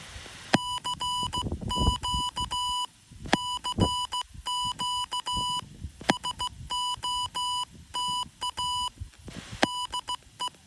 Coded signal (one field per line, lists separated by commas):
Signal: Morse code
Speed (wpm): 16 wpm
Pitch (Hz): 990 Hz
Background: none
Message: CQ CQ SOTA DE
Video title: YouKits TJ5A - W9SSN 10 Meter SOTA Contact with W4NA in WV!